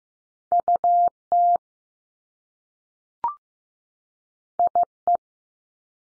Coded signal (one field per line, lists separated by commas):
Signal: Morse code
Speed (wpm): 15 wpm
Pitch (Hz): 700 Hz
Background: none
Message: U T I E